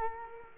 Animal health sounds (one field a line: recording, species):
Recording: mosquito wingbeat signal from an infrared sensor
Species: Culex quinquefasciatus